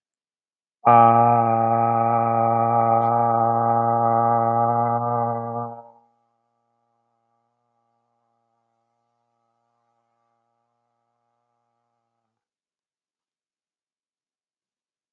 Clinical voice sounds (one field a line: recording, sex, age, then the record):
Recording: vowel held as long as possible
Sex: male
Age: 40 to 49 years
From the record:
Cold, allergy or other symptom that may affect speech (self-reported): no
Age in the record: 40 years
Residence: United States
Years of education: 16